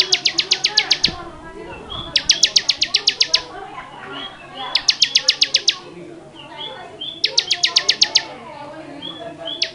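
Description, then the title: Bar-winged prinia singing several bursts of rapid, sharp clicky notes separated by short pauses, with fainter twittering birds beneath. Song style called 'ngebren'; long-duration recording. "Suara Ciblek Semi. Ciblek Semi Ngebren"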